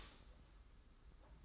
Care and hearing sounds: daily activity, microphone in the room; start toaster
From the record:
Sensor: 3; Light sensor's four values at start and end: 42/119/48/42 and 42/119/48/42

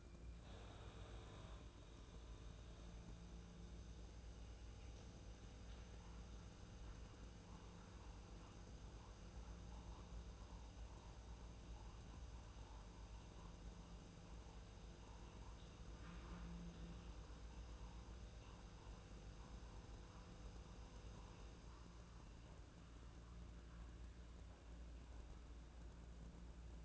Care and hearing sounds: daily activity, microphone in the room; make coffee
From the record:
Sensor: 2

